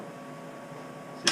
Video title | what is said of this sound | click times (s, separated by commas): 2017 Street Glide Hard Lowers Install | you just heard it click, and | 1.3 s